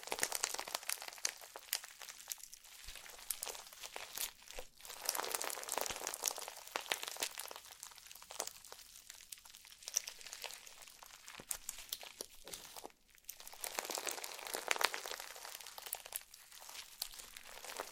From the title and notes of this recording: ASMR SLIME SATISFYING - NO TALKING.